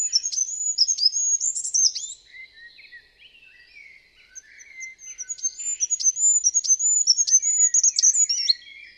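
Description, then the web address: Bird producing quick, high chirping and whistled notes, fading to soft lower twitters midway, then returning with a rapid run of sharp chips. "Bird Only"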